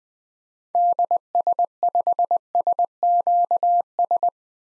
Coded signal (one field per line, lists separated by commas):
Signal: Morse code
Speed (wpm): 20 wpm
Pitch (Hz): 700 Hz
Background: none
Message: DS5SQS